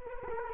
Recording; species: mosquito wingbeat signal from an infrared sensor; Culex quinquefasciatus